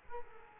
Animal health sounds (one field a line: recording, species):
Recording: mosquito wingbeat signal from an infrared sensor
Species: Culex quinquefasciatus